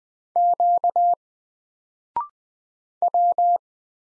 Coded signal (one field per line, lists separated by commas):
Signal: Morse code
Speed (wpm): 20 wpm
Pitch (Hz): 700 Hz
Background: none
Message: Q W